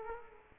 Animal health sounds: mosquito wingbeat signal from an infrared sensor; Culex quinquefasciatus

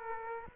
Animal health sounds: mosquito wingbeat signal from an infrared sensor; Aedes aegypti

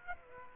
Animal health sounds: mosquito wingbeat signal from an infrared sensor; Aedes aegypti

